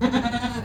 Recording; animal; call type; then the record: contact call of a hoofed animal; goat; low-frequency (closed-mouth) or high-frequency (open-mouth) call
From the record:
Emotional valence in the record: positive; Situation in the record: food anticipation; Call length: 0.64 s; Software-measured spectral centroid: 2070 Hz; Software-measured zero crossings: 1870 a second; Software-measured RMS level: -24 dBFS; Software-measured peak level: -9 dBFS